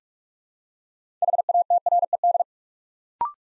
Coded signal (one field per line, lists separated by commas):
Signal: Morse code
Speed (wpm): 44 wpm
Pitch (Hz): 700 Hz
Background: none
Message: HATRED